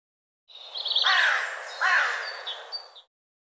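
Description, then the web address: Bird giving two harsh, grating calls, with softer high chirps before and after them, against steady background hiss. "cianscape birddata Deverinetal 2025"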